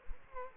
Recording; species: mosquito wingbeat signal from an infrared sensor; Culex quinquefasciatus